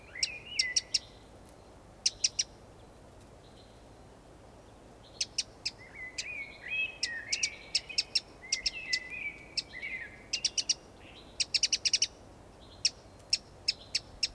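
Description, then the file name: Eurasian wren giving hard, dry ticking calls, single and in quick bursts, with softer warbled notes among them. "Troglodytes troglodytes"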